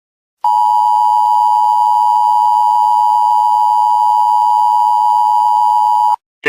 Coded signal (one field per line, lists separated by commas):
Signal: Emergency Alert System (SAME) tones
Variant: 853 and 960 Hz attention tone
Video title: EAS Scenario: Look Up